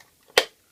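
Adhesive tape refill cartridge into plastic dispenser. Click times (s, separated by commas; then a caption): 0.4 s. A glue tape refill cartridge is pressed into a plastic Stampin' Seal adhesive dispenser until it snaps home with one sharp, loud click at 0.4 s, after a faint tick at the very start. The cartridge is seated.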